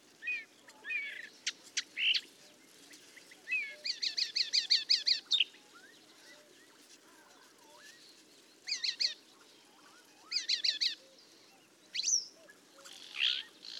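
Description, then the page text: Paddyfield warbler song: bursts of rapid repeated chattering notes separated by pauses, with scattered squeaks and slurred whistles between them. "Patrick Franke - Индийская камышевка (Acrocephalus agricola)"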